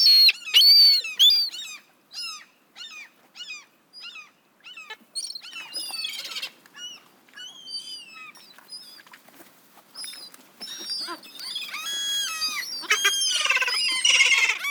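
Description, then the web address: Gulls calling: many harsh, downslurred mewing cries overlap, sparse at first and then building into a noisy chorus toward the end. "best service Blue Box birds seagulls"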